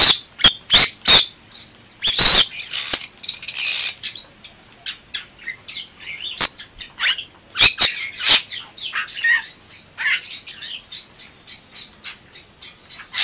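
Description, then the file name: Bali myna calls opening with loud clicks, then a long run of harsh chatter and a steady series of short repeated notes toward the end. "suara jalak bali"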